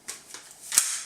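A rigid vacuum cleaner tube is fitted onto the plastic end fitting of the hose of an Electrolux Oxy3System vacuum cleaner. A faint tap at 0.1 s and a small knock at 0.3 s come before a sharp snap at 0.8 s. The snap is the tube seating on the hose, and the parts are perfectly compatible.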